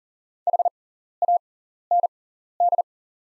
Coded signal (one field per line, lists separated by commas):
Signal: Morse code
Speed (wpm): 38 wpm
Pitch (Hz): 700 Hz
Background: none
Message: HAND